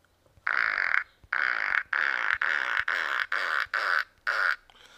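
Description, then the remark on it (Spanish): A run of about eight short, buzzy fart sounds played as piano notes in the game I Am a Silly Pianist, one after another in a steady rhythm, each a loud raspy burst with brief gaps between, no voices. “Eso han parecido unos simples peos y dice, madre mía,”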